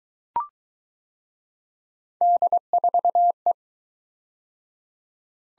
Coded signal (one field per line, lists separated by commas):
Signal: Morse code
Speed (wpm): 22 wpm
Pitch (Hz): 700 Hz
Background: none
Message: D4E